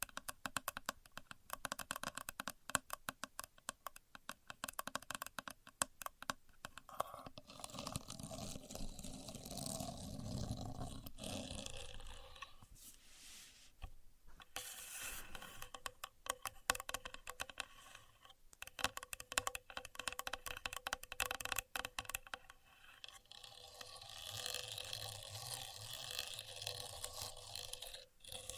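A contour gauge is handled with dense bursts of fast clicking and rattling pins, easing into softer sliding scrapes, then rattling again near the end.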